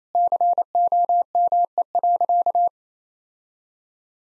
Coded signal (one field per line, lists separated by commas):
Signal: Morse code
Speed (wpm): 28 wpm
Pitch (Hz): 700 Hz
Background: none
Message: COME.